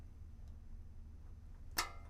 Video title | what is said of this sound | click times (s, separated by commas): NEW (Ultra Sleek) Mercedes Sprinter SCOUT Front Bumpers - Installation | click that in | 1.8 s